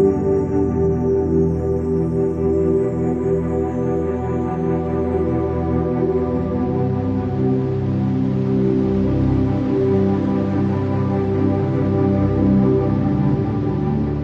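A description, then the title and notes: A steady drone of layered low tones hums on without pause for binaural delta beats, with a faint slow pulsing and no distinct events. Delta sleep brainwaves, binaural beats.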